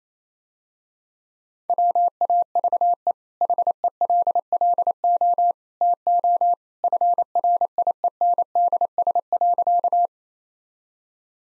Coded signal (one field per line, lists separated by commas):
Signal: Morse code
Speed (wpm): 28 wpm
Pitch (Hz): 700 Hz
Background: none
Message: WAVE HELLO TO FRIENDS.